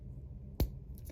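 On a 5 cm plastic transforming robot figure, with the toes collapsed, two plastic leg tabs are pushed into two slots so the legs join. A single sharp click sounds at 0.6 s as the tabs seat, followed by a faint tick near 1.0 s. The legs are clipped together.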